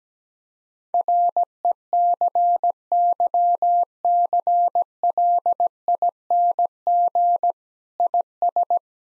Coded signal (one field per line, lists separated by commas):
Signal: Morse code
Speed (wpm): 17 wpm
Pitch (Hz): 700 Hz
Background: none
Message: RECYCLING IS